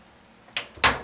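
A ventilated PCI slot cover on the rear of a Xigmatek Midgard White Knight PC case is pulled out of its tool-less retention. Two sharp clicks are heard at 0.6 s and 0.8 s as it releases and pops out.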